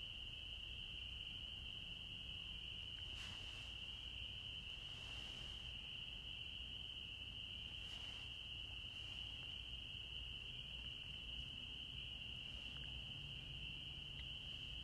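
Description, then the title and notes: Frog chorus: a continuous, even high-pitched sound holding steady from start to finish over a low, quiet background hiss. Forest at night in Holliston, Massachusetts, USA, 6 April, 21:40; recorded during COVID-19. "Historias Sonoras Del COVID 19 La Rana Y El Insecto, Holliston, Massachusetts. EEUU. 6 de Abril 21:40 h. Holliston, Massachusetts. EEUU. Los únicos ruidos eran los grillos y las ranas"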